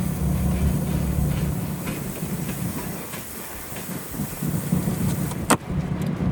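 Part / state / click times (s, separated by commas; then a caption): Quonset hut frame section into its mounting / seated / 5.5 s. A vehicle engine rumbles steadily as it lowers a heavy Quonset hut frame section, which is worked into position on its mounting. A single sharp hit sounds at 5.5 s as the section snaps into place and seats.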